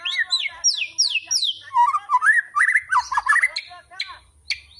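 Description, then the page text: White-rumped shama song, a rapid varied run of downslurred whistles, sweeping notes and chattering trills. White-rumped shama imitating a canary. "Murai Batu Nembak Kenari #murai"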